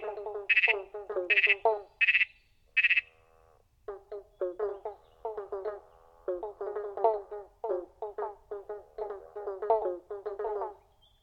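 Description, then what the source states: Pobblebonk frogs calling in chorus, a dense run of short plunking notes, some with brighter overtones, overlapping at an uneven pace with a brief lull about a third of the way in. Several frogs calling together in a chorus.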